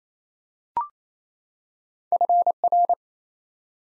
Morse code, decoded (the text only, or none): FR